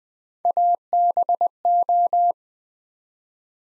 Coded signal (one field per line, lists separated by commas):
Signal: Morse code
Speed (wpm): 20 wpm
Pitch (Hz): 700 Hz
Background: none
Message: ABO